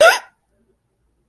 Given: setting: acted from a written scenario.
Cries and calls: vocal sound without words; negative surprise

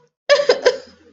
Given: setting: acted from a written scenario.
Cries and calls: vocal sound without words; guilt

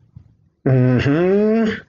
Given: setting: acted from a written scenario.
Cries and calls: vocal sound without words; interest

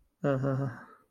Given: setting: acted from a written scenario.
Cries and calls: vocal sound without words; shame

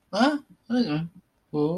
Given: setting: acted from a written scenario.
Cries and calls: vocal sound without words; sympathy

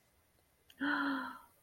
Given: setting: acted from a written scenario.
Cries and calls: vocal sound without words; romantic love

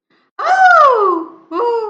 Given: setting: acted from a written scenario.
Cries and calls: vocal sound without words; positive surprise

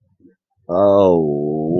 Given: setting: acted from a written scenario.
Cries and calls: vocal sound without words; embarrassment

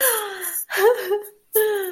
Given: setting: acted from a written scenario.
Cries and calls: vocal sound without words; elation

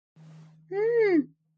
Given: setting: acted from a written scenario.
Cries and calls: vocal sound without words; awe

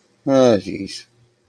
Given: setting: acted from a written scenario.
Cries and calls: vocal sound without words; shame

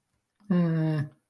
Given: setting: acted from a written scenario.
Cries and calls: vocal sound without words; neutral

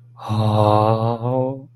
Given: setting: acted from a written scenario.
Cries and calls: vocal sound without words; desire

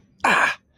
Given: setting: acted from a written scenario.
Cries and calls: vocal sound without words; pain

